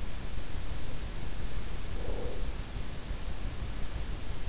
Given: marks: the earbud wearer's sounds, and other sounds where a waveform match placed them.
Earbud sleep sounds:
sounds in sleep by an in-ear microphone; breath
1.57-3.02 s: breath

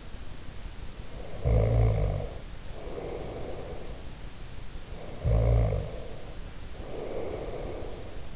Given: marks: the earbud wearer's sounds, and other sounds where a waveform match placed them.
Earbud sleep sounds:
sounds in sleep by an in-ear microphone; snoring breath
1.08-3.85 s: snoring breath
4.93-8.36 s: snoring breath

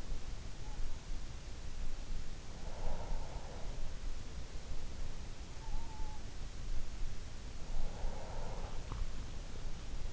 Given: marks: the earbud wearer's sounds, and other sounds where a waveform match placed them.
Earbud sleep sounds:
sounds in sleep by an in-ear microphone; breath
2.44-5.03 s: breath
7.42-10.13 s: breath

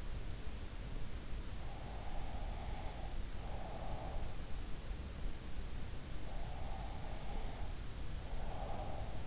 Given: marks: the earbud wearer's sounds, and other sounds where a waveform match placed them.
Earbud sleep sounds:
sounds in sleep by an in-ear microphone; breath
1.90-4.79 s: breath
6.07-9.27 s: breath

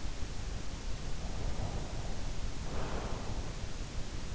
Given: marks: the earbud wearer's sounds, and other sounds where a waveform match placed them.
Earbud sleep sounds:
sounds in sleep by an in-ear microphone; breath
1.17-3.69 s: breath

